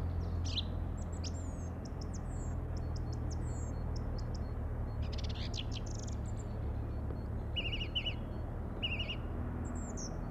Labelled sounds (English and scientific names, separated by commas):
Song Thrush (Turdus philomelos) song